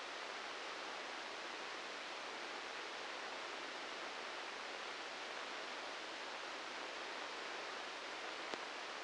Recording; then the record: brain microelectrode recording played as sound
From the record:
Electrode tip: inside the subthalamic nucleus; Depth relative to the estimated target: -3 mm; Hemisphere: left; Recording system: NeuroSet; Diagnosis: Parkinson's disease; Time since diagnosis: 19 years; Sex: female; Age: 69 years